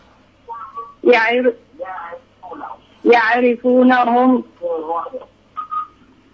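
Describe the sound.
Television sound echoing back over a phone line: tinny, band-limited voice phrases come in short bursts with gaps between them, moderately loud and slightly hollow.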